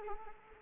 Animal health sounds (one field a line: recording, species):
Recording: mosquito wingbeat signal from an infrared sensor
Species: Anopheles arabiensis